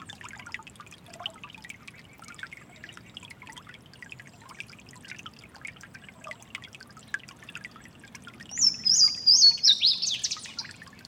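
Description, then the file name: Louisiana waterthrush song arrives late: loud descending whistled notes and a brief jumble, after several seconds of stream noise and faint bird calls. Giant City Creek, March 29. "LAna Waterthrush Giant City Creek March 29 th"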